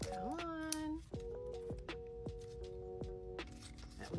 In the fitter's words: That one's not going to click for me because it's being stubborn.